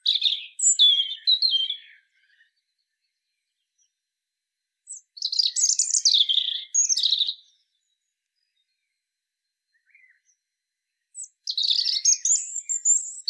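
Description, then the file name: European robin delivering three bursts of high, tinkling, warbled song, each a dense jumble of thin whistles and trills, with silence between. "Erithacus rubecula"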